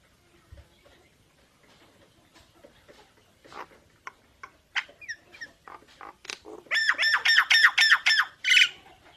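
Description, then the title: Nias hill myna singing: scattered clicks and short notes building into a fast, loud run of harsh repeated chatter and a final squawk. Energetic 'gacor' singing with a very loud 'super gledek' voice, used as master material for tutoring songbirds. "Burung Jalak Nias Gacor Suara Super Gledek Untuk Masteran"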